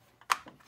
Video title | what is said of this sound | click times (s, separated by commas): How to wire smoke detectors - smoke detector interconnection - The Electrical Guide | you're just gonna snap that in for | 0.3 s